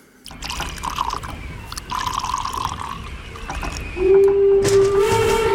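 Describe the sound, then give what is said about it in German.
Vodka is poured steadily into a glass, a continuous splashing trickle, with a faint clink near the start and a rising, ringing tone toward the end as the glass fills. “Wodka? Bitte?”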